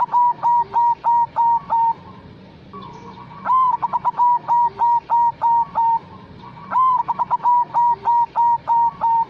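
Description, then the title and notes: Zebra dove song: the end of one phrase, then two more phrases, each starting with a hurried cluster of short notes and settling into regular, sustained cooing notes. Long-duration lure recording of a zebra dove singing actively. "Pancingan Perkutut. Suara Burung Perkutut Gacor"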